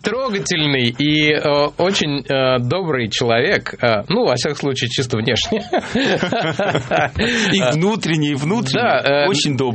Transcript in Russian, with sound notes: трогательный и очень добрый человек, ну, во всяком случае, чисто внешне…
(смех) И внутренне, и внутренне!
Да.
Очень добрый.